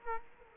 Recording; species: mosquito wingbeat signal from an infrared sensor; Culex quinquefasciatus